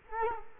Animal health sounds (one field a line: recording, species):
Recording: mosquito wingbeat signal from an infrared sensor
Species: Culex quinquefasciatus